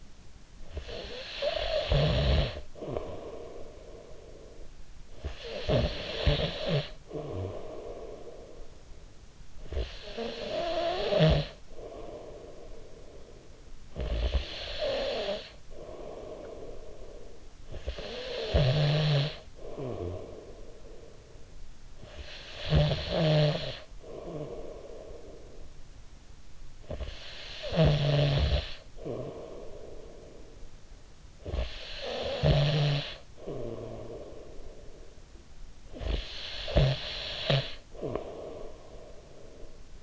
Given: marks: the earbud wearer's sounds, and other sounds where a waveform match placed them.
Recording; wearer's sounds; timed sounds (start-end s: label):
sounds in sleep by an in-ear microphone; snoring breath
0.20-8.94 s: snoring breath
9.42-21.29 s: snoring breath
21.80-25.92 s: snoring breath
26.43-35.47 s: snoring breath
35.70-39.98 s: snoring breath